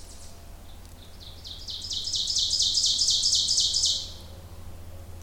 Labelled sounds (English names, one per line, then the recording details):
Ovenbird song
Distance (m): 15 m
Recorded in boreal forest in Alberta, Canada, on 26 May 2016 at 07:05
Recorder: SongMeter 3, array SBT-3-15
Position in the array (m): 40 m, 273 m
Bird 20